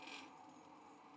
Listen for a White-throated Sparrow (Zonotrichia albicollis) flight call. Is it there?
no